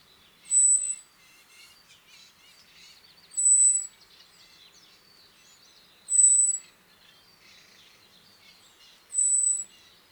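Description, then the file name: Common blackbird call, a series of four thin, steady high-pitched notes about three seconds apart, with softer warbling from other birds filling the gaps. "Turdus merula"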